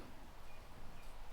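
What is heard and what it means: A front brake pad on a 2013 Toyota Highlander is lined up against the caliper bracket before being pushed home. There is steady low rustling handling noise with no distinct transients. Nothing has seated or clicked yet.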